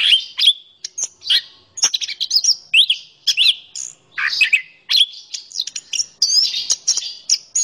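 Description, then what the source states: Orange-headed thrush singing a fast, varied stream of high whistles, slurred notes and sharp chips, with short pauses between bursts throughout. Local name anis kembang; described as gacor, a keepers' term for a bird singing vigorously.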